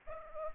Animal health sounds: mosquito wingbeat signal from an infrared sensor; Aedes aegypti

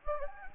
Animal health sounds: mosquito wingbeat signal from an infrared sensor; Anopheles gambiae

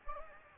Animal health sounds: mosquito wingbeat signal from an infrared sensor; Anopheles gambiae

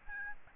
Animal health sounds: mosquito wingbeat signal from an infrared sensor; Aedes albopictus

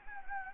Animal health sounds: mosquito wingbeat signal from an infrared sensor; Anopheles gambiae

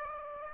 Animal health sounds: mosquito wingbeat signal from an infrared sensor; Aedes aegypti

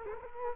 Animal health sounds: mosquito wingbeat signal from an infrared sensor; Culex quinquefasciatus

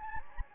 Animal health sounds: mosquito wingbeat signal from an infrared sensor; Anopheles gambiae

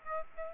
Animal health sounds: mosquito wingbeat signal from an infrared sensor; Aedes aegypti

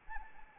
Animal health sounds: mosquito wingbeat signal from an infrared sensor; Anopheles arabiensis

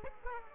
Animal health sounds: mosquito wingbeat signal from an infrared sensor; Aedes aegypti

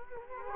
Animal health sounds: mosquito wingbeat signal from an infrared sensor; Culex quinquefasciatus

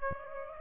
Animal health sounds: mosquito wingbeat signal from an infrared sensor; Aedes aegypti

